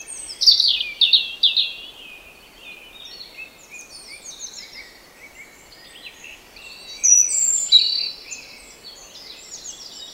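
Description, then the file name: European robin song of varied high warbles and thin trills, a loud burst at the start and another around seven seconds, with softer twittering between. "Erithacus rubecula"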